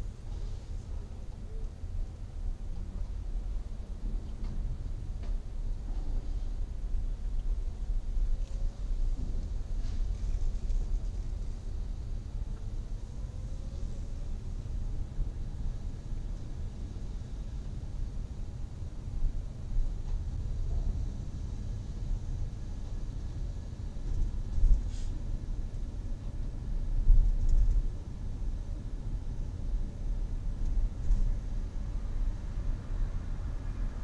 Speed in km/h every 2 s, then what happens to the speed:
8, 9, 8, 5, 8, 9, 15, 20, 18, 17, 19, 20, 22, 22, 22, 22, 22.
0-7 steady at about 8. 7-14 speeds up to 20. 14-34 steady at about 20.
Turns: none.